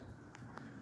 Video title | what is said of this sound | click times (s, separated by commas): Dog Grooming Trailers: 8' Boxer Model with Arete Food Trailers | snaps in place it's got a locking mechanism on both sides | 0.3 s, 0.6 s